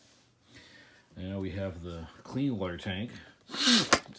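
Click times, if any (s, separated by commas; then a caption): 3.9 s. A plastic clean-water tank on a Hoover Powerdash Pet carpet cleaner is pushed into its slot while someone talks. It pops into place with a sharp click at 3.9 s, so the tank is seated.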